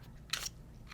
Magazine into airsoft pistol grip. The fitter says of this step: so now once you put your magazine in correctly it locks into place